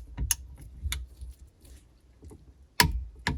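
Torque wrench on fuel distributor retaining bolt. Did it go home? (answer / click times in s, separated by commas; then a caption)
yes / 0.3 s, 2.8 s. A torque wrench tightens a retaining bolt on the fuel distributor of a 951DI direct-fuel-injection jet ski engine until it clicks at its setting, so the bolts are not over-torqued and the O-rings are not damaged. Sharp clicks ring out at 0.3 s and 2.8 s, with fainter ticks and rattles between them. The wrench clicks on the retaining bolt, confirming it has reached its torque setting.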